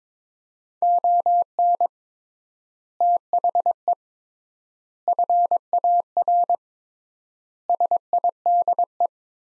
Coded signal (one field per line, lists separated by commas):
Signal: Morse code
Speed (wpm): 22 wpm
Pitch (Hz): 700 Hz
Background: none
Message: ON THE FAR SIDE